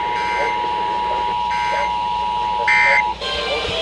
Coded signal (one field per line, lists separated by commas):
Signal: Emergency Alert System (SAME) tones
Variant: 853 and 960 Hz attention tone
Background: speech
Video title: FFW on 14 stations and ffs on 7 (8/10/22) eas 1440-1461